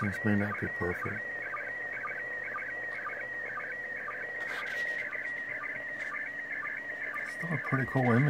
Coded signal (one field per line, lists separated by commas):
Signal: SSTV (slow-scan television)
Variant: PD 120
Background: speech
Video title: ISS Fly-over while capturing SSTV Image INTERNATIONAL SPACE STATION